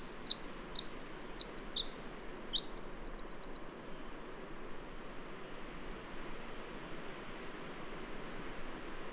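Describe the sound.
Bird song, bright high twittering with rapid repeated chirps and short trills for almost four seconds, then only faint chirps over steady hiss.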